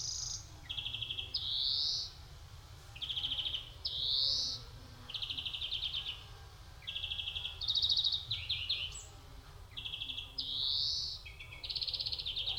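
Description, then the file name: European greenfinch giving a string of short, rapid trills that switch pitch from phrase to phrase, some rising. Roughly one phrase each second, over a steady low rumble. "Chloris chloris"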